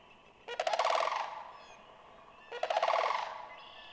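Sandhill crane gives two rolling, trilled calls about two seconds apart, each fading out after a loud start, over light background hiss.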